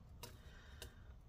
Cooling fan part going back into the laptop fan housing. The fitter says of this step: okay it's weird it doesn't click when you push it back together